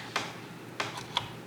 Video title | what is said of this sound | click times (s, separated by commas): Can My Wife Build a Tube Amplifier Kit | there you go oh it just snaps right in | 1.2 s